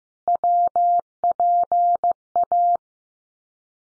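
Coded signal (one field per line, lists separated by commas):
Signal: Morse code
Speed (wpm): 15 wpm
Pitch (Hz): 700 Hz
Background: none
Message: WPA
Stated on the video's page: Randomly selected Field Day exchanges at 15 wpm for head-copy practice, each sent in Morse twice.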